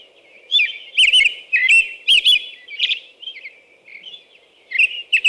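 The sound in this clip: American robin song, loud whistled caroling phrases followed by quieter, softer notes and a few final bright phrases.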